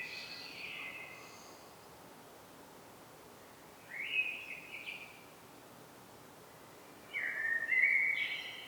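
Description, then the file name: Common blackbird song, short warbled phrases near the start, at four seconds and again at seven seconds, over faint background hiss. "Turdus merula"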